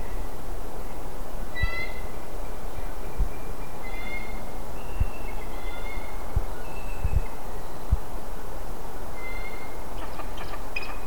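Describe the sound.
Bald eagle chirps: scattered single high, thin notes with harmonics, partly buried in a heavy hiss and low rumble, with occasional clicks.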